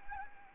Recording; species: mosquito wingbeat signal from an infrared sensor; Anopheles gambiae